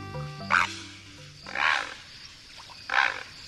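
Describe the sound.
Great blue heron croaks: three harsh, rough squawks about a second apart, with tonal music fading out underneath at the start.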